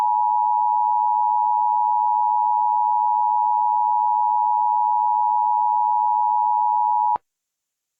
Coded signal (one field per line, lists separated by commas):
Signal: Emergency Alert System (SAME) tones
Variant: 853 and 960 Hz attention tone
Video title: EAS SCENARIO EARTH'S DISASTER CRISIS EPISODE 1 EAST COAST, LAKE MICHIGAN, AND WEST COAST CHAOS